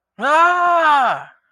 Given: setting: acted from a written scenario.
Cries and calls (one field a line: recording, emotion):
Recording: vocal sound without words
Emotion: distress